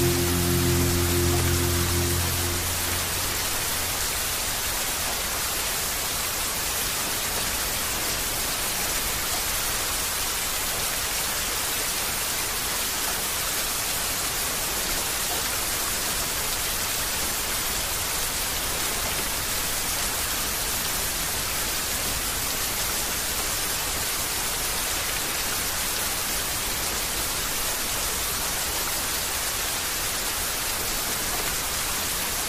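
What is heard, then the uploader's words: Heavy rain hisses in a dense, steady wash throughout, with low sustained tones sounding only in the first three seconds before fading out. Heavy Rain and Meditation Tones.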